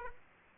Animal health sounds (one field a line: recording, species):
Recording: mosquito wingbeat signal from an infrared sensor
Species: Aedes aegypti